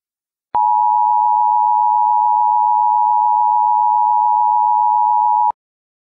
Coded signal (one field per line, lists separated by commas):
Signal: Emergency Alert System (SAME) tones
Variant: 853 and 960 Hz attention tone